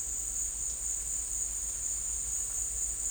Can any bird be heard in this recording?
no